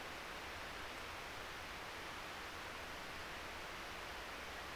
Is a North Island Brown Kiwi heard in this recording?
no